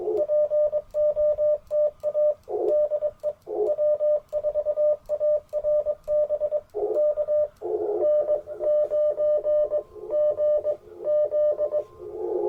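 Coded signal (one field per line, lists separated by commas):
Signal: Morse code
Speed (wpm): 24 wpm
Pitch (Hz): 600 Hz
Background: radio noise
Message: POTA DE W4ARB K N 9 G Z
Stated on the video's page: QRP CW Parks on the Air activation sent with paddles on an Icom IC-705 into a Chelegance MC-750 antenna.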